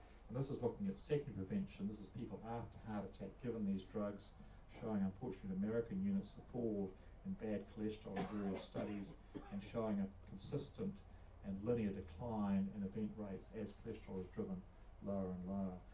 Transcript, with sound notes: And this is looking at second prevention – this is people after heart attack given these drugs, showing – unfortunately in American units – the fall in bad cholesterol in [coughing] various studies, and showing a consistent and linear decline in the event rates as cholesterol is driven lower and lower.